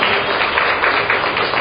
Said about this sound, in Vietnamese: Rồi, trong một tràng vỗ tay đi thưa anh chị em, to lên.